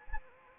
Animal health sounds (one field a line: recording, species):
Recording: mosquito wingbeat signal from an infrared sensor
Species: Anopheles arabiensis